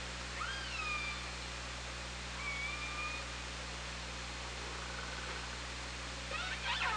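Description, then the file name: Orca calls: several clear tonal, harmonic-rich calls, sweeping and gliding then holding steady, in three bursts over a constant hiss and low steady hum. Recorded by OrcaLab on 24 August 2017 at 17:27. "Orca Lab UTLN JASON 20170824 172706"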